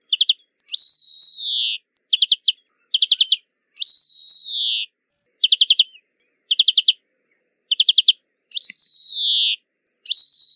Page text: Verdone. una passeggiata e dei bioblitz lungo le rive dell’Adige